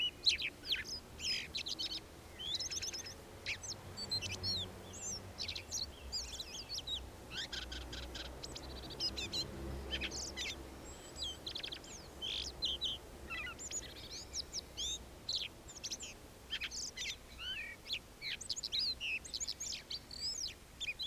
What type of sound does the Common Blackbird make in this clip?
song